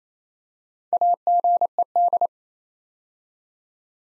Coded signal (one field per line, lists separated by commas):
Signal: Morse code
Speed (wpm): 27 wpm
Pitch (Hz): 700 Hz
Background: none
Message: AGED